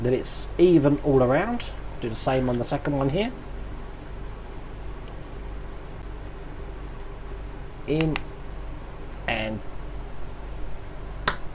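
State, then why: Seated. Someone talks while fitting a small part of a 1:18 scale X-Wing model kit into the nose section, pushing it in and down. A sharp click at 11.3 s confirms the part has seated into place.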